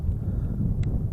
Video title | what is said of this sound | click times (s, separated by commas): WLToys Q333-A FPV Inspire Clone Flight Test Review | There it goes. Just pops right in. | 0.8 s